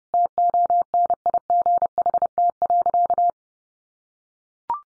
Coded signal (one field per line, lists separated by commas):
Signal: Morse code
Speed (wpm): 30 wpm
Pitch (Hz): 700 Hz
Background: none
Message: TONIGHT.